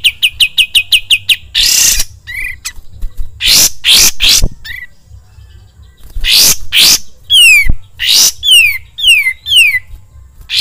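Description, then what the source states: Sooty-headed bulbul song opening with a fast run of short repeated notes, then harsh bursts and a series of falling whistled notes. Masteran (training song) of the kapas tembak.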